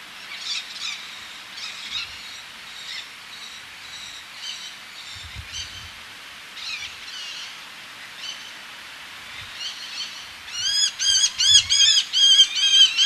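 Eleonora's falcon calls: faint harsh notes repeated through the first ten seconds, then a louder burst of rapid, grating, rising-falling squeals near the end.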